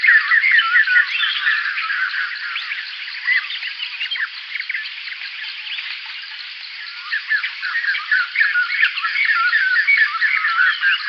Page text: White-Crested Laughingthrush Call. Quick Sounds